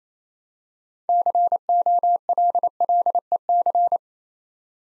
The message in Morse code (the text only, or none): COLLEC